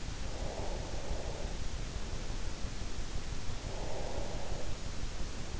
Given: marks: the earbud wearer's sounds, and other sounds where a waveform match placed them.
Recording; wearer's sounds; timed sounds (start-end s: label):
sounds in sleep by an in-ear microphone; breath
0.00-2.06 s: breath
3.13-5.10 s: breath